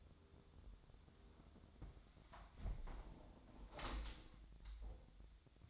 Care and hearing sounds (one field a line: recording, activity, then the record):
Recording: daily activity, microphone in the room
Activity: close window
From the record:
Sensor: 3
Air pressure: 1006.5 hPa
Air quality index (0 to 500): 199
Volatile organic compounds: 16 ppm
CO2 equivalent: 2534 ppm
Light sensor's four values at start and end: 10/24/10/10 and 10/23/9/9